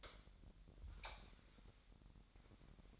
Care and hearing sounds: daily activity, microphone in the room; light off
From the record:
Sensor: 3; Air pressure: 1011.9 hPa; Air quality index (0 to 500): 229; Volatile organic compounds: 4 ppm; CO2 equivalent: 1703 ppm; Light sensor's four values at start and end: 17/43/18/18 and 15/35/15/15

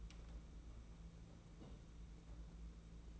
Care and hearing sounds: daily activity, microphone in the room; place on stove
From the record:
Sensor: 1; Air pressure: 992.0 hPa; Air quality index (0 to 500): 217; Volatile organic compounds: 1000 ppm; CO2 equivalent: 8468 ppm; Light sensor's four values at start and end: 21/74/29/29 and 21/74/29/29

